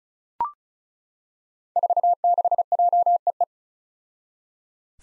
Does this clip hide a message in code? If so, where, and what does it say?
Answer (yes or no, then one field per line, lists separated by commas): yes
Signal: Morse code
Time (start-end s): 1.8-3.4 s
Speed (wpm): 36 wpm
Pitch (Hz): 700 Hz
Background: none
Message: 46JEE